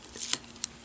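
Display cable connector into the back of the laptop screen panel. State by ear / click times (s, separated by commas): seated / 0.3 s, 0.6 s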